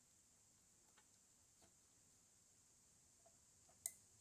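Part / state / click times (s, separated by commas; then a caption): wire terminal into key switch connector housing / seated / 3.9 s. A crimped spade terminal is pushed into the plastic housing of the key switch connector while the wiring on a Cub Cadet 1882 is being rebuilt. Faint small ticks and handling sounds over a steady high hiss lead to one sharp, bright snap at 3.9 s as the terminal seats in the housing.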